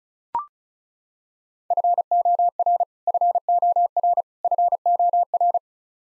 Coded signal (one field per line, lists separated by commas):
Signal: Morse code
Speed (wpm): 36 wpm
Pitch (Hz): 700 Hz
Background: none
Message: FOR FOR FOR